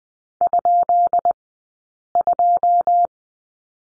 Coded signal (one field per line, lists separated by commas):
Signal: Morse code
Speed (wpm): 20 wpm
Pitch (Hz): 700 Hz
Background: none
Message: ?2